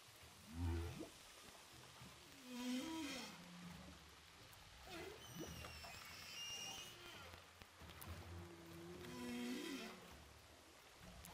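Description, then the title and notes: Humpback whale vocalizations: low grunts, wavering moans and higher squeaky tonal cries over background sea hiss. Humpback whales recorded underwater with a DPA hydrophone off Saint-Paul, Réunion. "Baleines à bosse enregistrées à l'hydrophone DPA au large de saint Paul de la réunion"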